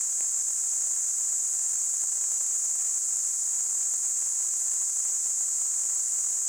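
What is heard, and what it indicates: A simulated tinnitus sound: a steady, unchanging high-pitched hiss.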